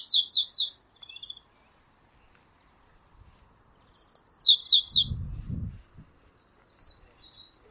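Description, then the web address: cianscape birddata 2025 File origin Bird Only Cy Ca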